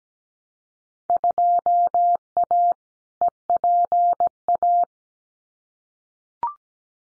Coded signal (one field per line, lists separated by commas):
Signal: Morse code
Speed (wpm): 17 wpm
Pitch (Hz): 700 Hz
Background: none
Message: 2A EPA